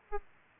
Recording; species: mosquito wingbeat signal from an infrared sensor; Aedes albopictus